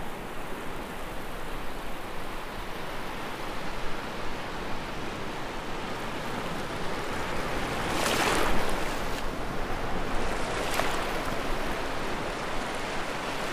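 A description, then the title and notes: Ocean surf rushes in a dense, steady wash of noise, full through the lows and mids. Around eight seconds a brighter, hissing surge swells and fades over about a second, and a smaller hiss follows near eleven seconds. The Ocean Sleep Sounds.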